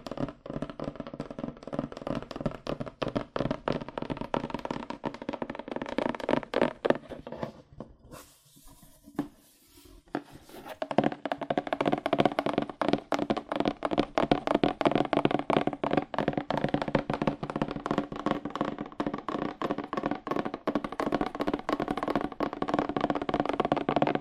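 Fast, aggressive tapping on cardboard runs as a dense, rapid stream of sharp hollow hits with a papery body. Around eight to eleven seconds the tapping thins to scattered soft touches and near silence, then resumes at full speed and stays busy to the end.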